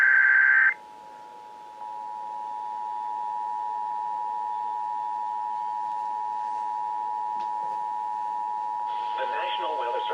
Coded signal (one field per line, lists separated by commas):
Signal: Emergency Alert System (SAME) tones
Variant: 853 and 960 Hz attention tone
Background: speech